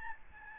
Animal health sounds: mosquito wingbeat signal from an infrared sensor; Aedes albopictus

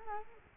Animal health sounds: mosquito wingbeat signal from an infrared sensor; Culex quinquefasciatus

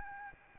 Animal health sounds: mosquito wingbeat signal from an infrared sensor; Aedes albopictus

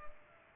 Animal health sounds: mosquito wingbeat signal from an infrared sensor; Culex pipiens

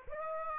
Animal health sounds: mosquito wingbeat signal from an infrared sensor; Aedes aegypti

